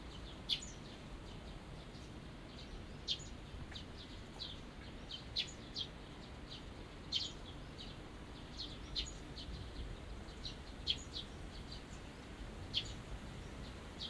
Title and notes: 小鳥のさえずり、雨上がりの庭園にて（Binaural）- Birds singing in the garden. 湯島天神の片隅にある小さな庭園で録音しました。